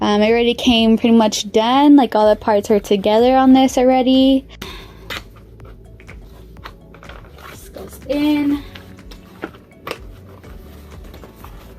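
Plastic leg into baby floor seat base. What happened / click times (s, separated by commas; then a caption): The plastic leg is handled but not yet clicked into the base / none. Someone talks while handling a plastic leg of a Summer Learn to Sit baby floor seat and pushing it into its socket on the seat base, with soft knocks and plastic taps. The clip ends before the leg goes home, so nothing has clicked or seated yet.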